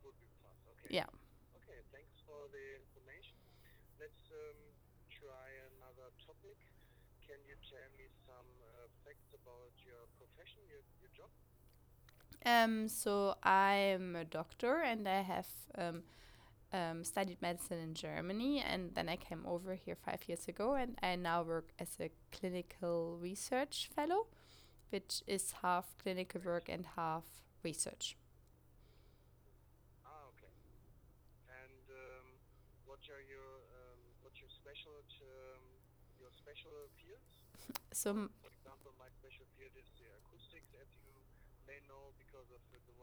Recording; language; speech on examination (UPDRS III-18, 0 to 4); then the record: conversation on a phone call; English; 0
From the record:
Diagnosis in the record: healthy control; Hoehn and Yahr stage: 0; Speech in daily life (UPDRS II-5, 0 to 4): 0